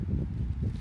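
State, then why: Not seated. A front brake pad hardware clip on a 2020 Hyundai Elantra SE is being handled and set down into the caliper bracket. Low, soft rustling and handling noise fills the short clip with no sharp hits. Nothing has seated or clicked yet.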